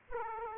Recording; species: mosquito wingbeat signal from an infrared sensor; Aedes aegypti